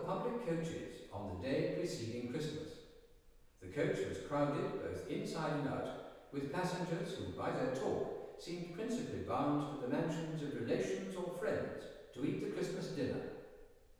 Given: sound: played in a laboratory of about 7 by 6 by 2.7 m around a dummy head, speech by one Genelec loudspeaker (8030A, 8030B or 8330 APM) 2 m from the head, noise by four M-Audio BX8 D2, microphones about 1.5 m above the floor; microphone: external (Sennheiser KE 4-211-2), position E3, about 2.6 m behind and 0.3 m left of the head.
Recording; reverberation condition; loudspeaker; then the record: male speech in English; high; 30 degrees to the right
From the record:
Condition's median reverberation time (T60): about 1300 ms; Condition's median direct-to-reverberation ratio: about -4.0 dB